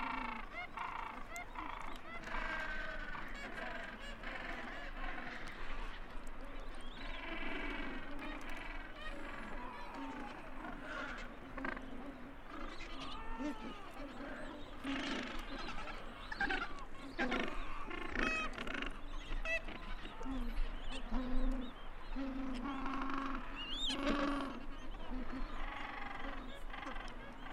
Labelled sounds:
Gentoo Penguin call

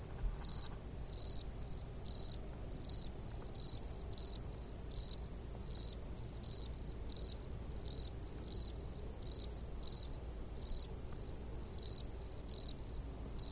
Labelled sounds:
Field Cricket stridulation

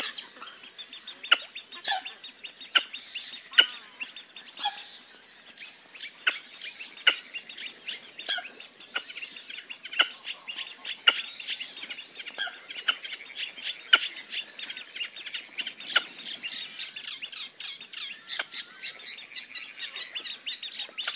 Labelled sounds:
Red-necked Grebe call

